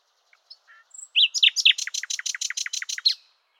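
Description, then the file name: Common nightingale song: a few soft introductory notes, then a loud rapid series of repeated notes lasting about two seconds. "Luscinia megarhynchos"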